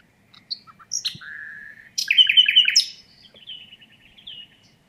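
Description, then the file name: Common nightingale song with a sustained whistled note, a burst of quick repeated notes, then softer twitters. "Luscinia megarhynchos"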